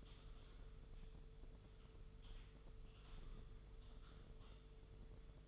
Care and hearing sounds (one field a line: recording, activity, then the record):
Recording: daily activity, microphone in the room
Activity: typing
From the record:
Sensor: 4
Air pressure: 995.3 hPa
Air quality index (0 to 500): 198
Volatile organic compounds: 141 ppm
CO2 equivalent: 3981 ppm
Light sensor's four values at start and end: 10/24/9/10 and 10/24/9/10